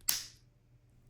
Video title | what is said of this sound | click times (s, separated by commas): How to Install Duralast Flex Wiper Blades | to attach there's a Groove in the bottom of the bracket that slides right onto the wiper once it's fully seated you'll hear snap | 0.1 s